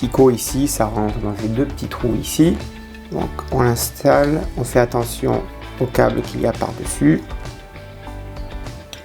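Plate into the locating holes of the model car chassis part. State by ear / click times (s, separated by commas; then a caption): seated / 8.9 s. Someone talks over background music while fitting the plate from the previous issue onto a 1/8-scale metal Porsche 917KH model car chassis part, guiding its two small pins into two small holes while taking care of the cable on top. A sharp click at 8.9 s marks the plate snapping into place, seated without screws or glue.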